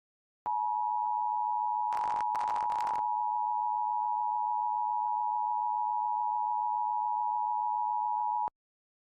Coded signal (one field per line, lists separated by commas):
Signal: Emergency Alert System (SAME) tones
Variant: 853 and 960 Hz attention tone